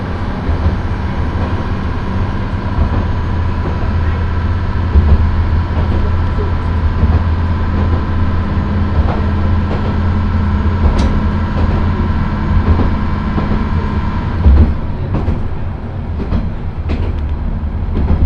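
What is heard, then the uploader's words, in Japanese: A single-car railbus travels along the line, its engine holding a steady low drone with faint clicks and brief squeals throughout. 明知鉄道 明智→恵那。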